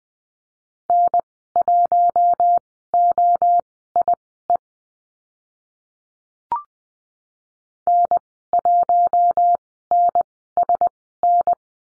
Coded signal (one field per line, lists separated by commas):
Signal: Morse code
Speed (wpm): 20 wpm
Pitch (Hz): 700 Hz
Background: none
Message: N1OIE N1NSN